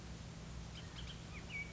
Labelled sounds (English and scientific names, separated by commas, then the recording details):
Bullock's Oriole (Icterus bullockii)
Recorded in Sonoma County, California